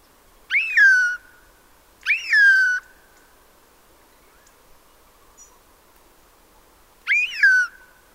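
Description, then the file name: Eurasian jay giving three drawn-out mewing calls that rise sharply and then slide down, at uneven intervals over quiet background hiss. "Garrulus glandarius"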